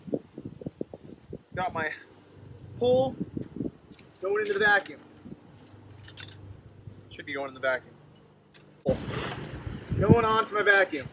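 A telescopic pool pole end is guided toward the bracket on a pool vacuum head, lined up before clipping, while someone talks. Light taps and knocks are heard between the talk, but nothing has seated or clicked yet.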